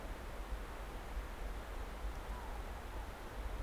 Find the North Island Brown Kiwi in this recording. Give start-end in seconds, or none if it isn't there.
none